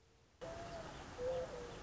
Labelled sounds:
Mourning Dove (Zenaida macroura)
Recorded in Sonoma County, California

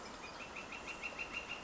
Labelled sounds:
Northern Flicker (Colaptes auratus)
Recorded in Sonoma County, California

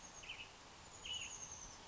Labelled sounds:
Oak Titmouse (Baeolophus inornatus)
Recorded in Sonoma County, California

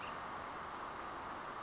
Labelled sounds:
Brown Creeper (Certhia americana)
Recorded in Sonoma County, California

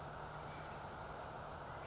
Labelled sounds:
California Towhee (Melozone crissalis)
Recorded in Sonoma County, California

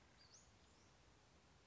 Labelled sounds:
Western Flycatcher (Empidonax difficilis)
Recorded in Sonoma County, California

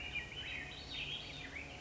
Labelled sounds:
Swainson's Thrush (Catharus ustulatus)
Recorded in Sonoma County, California

